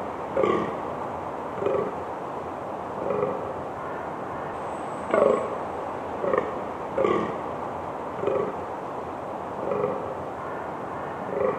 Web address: fallow deer